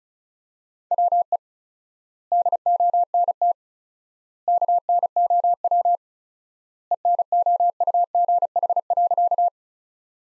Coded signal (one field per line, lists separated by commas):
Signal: Morse code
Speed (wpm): 36 wpm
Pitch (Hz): 700 Hz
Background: none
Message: WE DONT KNOW ENOUGH.